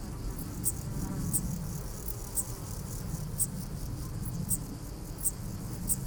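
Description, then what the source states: Splendid bush-cricket song: brief high-pitched ticking chirps spaced roughly a second apart, with a constant low background hum beneath. In France, late July, at Col de Carabès between Drôme and Hautes-Alpes, among abundant flowers with constant humming of foraging insects.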